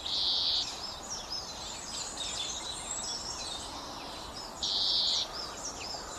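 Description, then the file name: European greenfinch buzzy wheezing notes, two short bursts at the start and near the end, with soft chirps and twitters between them. "Chloris chloris"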